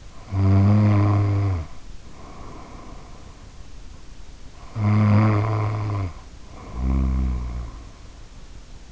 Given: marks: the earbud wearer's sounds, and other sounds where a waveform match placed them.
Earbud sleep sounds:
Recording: sounds in sleep by an in-ear microphone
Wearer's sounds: snoring breath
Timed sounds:
0.00-3.43 s: snoring breath
4.62-7.98 s: snoring breath

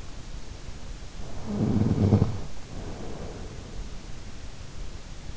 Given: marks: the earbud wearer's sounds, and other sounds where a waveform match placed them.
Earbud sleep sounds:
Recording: sounds in sleep by an in-ear microphone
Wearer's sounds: snoring breath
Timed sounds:
1.20-3.88 s: snoring breath

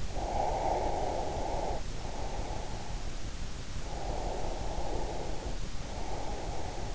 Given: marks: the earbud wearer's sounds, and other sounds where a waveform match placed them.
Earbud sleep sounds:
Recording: sounds in sleep by an in-ear microphone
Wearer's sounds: breath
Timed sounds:
0.06-2.81 s: breath
3.84-6.95 s: breath

